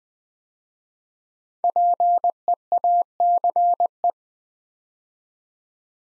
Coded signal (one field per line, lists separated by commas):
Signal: Morse code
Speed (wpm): 20 wpm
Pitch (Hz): 700 Hz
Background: none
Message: PEACE